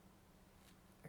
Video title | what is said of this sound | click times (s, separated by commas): HotToys Luke Skywalkers (Mandalorian) Review! | right there it popped out | 1.1 s